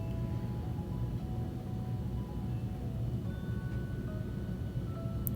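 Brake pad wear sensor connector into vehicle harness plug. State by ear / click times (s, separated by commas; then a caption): seated / 5.3 s. After checking a C7's brake wear sensor circuit with an ohm meter, a brake pad wear sensor connector is pushed into the vehicle harness plug. A steady low rumble with faint tonal hums runs throughout, then one short, sharp click sounds at 5.3 s as the connector seats.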